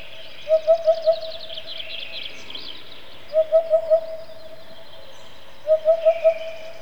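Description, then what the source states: Eurasian hoopoe song: soft, hollow 'oop-oop-oop-oop' of four quick notes, repeated every few seconds, with faint high bird chatter behind. Rarely heard near Moscow but common a little further south; its voice is described as muffled.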